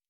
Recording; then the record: hydrophone in a shrimp aquaculture tank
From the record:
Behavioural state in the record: normal